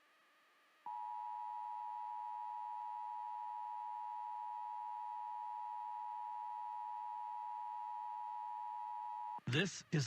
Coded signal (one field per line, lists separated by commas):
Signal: Emergency Alert System (SAME) tones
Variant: 853 and 960 Hz attention tone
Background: speech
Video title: Required Monthly Test Kansas 100.3 KNZS-FM Arlington Kansas April 14 2026